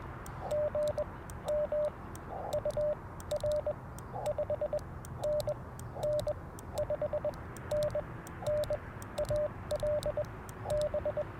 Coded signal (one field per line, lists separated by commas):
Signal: Morse code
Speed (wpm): 20 wpm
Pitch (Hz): 590 Hz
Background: radio noise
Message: GM UR 5NN 5NN AL B